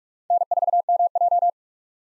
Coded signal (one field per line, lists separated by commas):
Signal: Morse code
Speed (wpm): 46 wpm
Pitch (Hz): 700 Hz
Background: none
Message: N4MJ